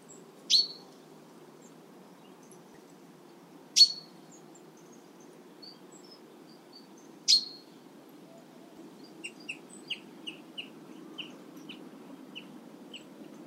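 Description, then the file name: Common chaffinch giving three loud, sharp, high single notes a few seconds apart, followed by a run of faint, soft ticking notes, with low rumbling background noise throughout. "Fringilla coelebs"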